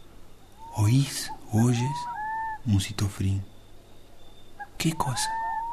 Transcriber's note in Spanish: musitó Frin